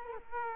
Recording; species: mosquito wingbeat signal from an infrared sensor; Culex quinquefasciatus